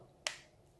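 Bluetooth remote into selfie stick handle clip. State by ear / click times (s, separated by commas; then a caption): seated / 0.3 s. A small plastic Bluetooth remote is snapped back into its clip on the handle of a Chinese-brand selfie stick. A single short, sharp plastic snap sounds at 0.3 s over a faint background, then fades quickly. The remote seats firmly in the clip.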